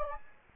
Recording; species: mosquito wingbeat signal from an infrared sensor; Anopheles gambiae